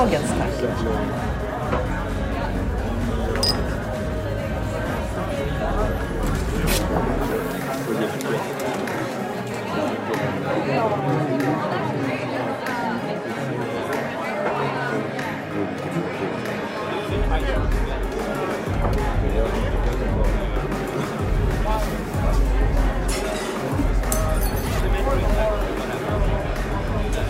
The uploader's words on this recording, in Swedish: Baren. En timme sorlande barljud.